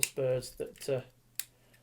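Someone talks while deploying the spurs on a Metal Cardbot Black Hook, a plastic and die-cast transforming toy robot figure. The spur piece snaps out into position with a single sharp click at 1.4 seconds, seating in place.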